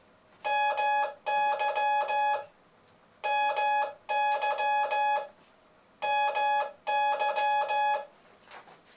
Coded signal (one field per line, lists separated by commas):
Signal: Morse code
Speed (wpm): 16 wpm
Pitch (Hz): 840 Hz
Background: none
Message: MY MY MY